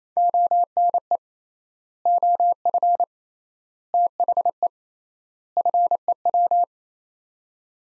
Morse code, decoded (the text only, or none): ONE OF THE FEW